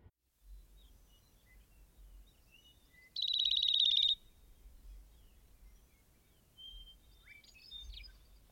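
Rock wren giving a single dense, buzzy trill lasting about a second amid a soft hiss, with a few faint high notes before and after.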